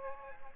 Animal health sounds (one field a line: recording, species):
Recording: mosquito wingbeat signal from an infrared sensor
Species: Aedes aegypti